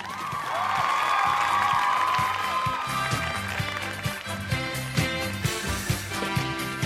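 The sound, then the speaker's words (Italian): Sustained audience applause fills the whole clip, a dense steady clatter with some cheering early on, while a rhythmic musical beat with low bass pulses plays underneath. “Allora, un bel applauso, perché apprezziamo questi gesti di coraggio, ed è così che il paese può uscire dalle secche della crisi.”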